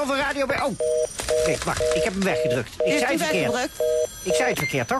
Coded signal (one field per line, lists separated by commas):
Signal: telephone call progress tone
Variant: North America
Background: speech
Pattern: reorder tone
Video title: RADIO BERGEIJK PEER LOOPT EEN DAGJE MEE BIJ DE SOS HULPDIENST.